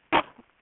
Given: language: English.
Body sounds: throat vibration sensor signal played as sound; cough

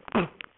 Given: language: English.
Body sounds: throat vibration sensor signal played as sound; cough

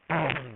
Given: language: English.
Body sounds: throat vibration sensor signal played as sound; throat clearing

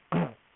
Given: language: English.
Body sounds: throat vibration sensor signal played as sound; throat clearing

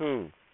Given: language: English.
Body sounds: throat vibration sensor signal played as sound; speech

